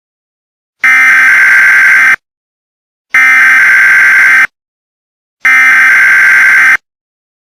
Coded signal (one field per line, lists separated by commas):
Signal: Emergency Alert System (SAME) tones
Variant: header bursts